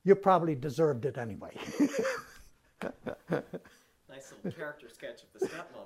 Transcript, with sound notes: You probably deserved it anyway." [Laughs]
Nice little character sketch of the stepmother.